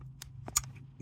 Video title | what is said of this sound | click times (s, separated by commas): DIY Prius Blower Motor Repair - Skip the $400 Shop Bill | now you really heard that clicking sound | 0.6 s